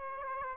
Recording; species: mosquito wingbeat signal from an infrared sensor; Aedes aegypti